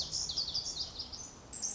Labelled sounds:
Pacific Wren
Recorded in Sonoma County, California

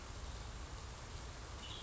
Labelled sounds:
Western Tanager
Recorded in Sonoma County, California

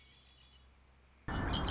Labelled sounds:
Red-winged Blackbird
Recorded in Sonoma County, California

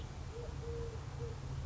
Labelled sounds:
Eurasian Collared Dove
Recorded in Sonoma County, California

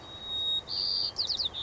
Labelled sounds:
White-crowned Sparrow
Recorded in Sonoma County, California

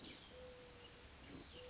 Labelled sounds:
Mourning Dove
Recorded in Sonoma County, California

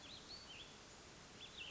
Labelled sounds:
Cassin's Vireo
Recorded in Sonoma County, California

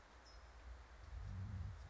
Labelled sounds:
California Towhee
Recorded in Sonoma County, California

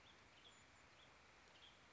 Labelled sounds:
Western Tanager
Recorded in Sonoma County, California

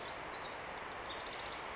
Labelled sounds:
House Wren
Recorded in Sonoma County, California

